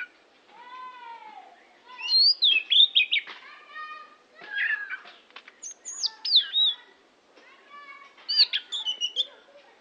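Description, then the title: Oriental magpie-robin song: varied whistled and harsher phrases, some sliding down, in bursts with short pauses between. "Kicau Kacer"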